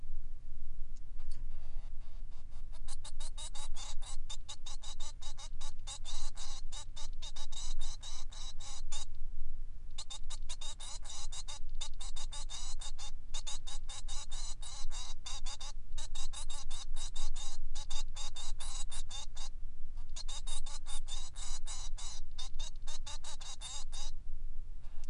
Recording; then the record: song of a male Bengalese finch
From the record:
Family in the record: son of father 3